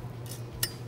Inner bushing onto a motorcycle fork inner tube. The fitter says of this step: The inner bushing, you gotta spread open with your fingers and it snaps into place.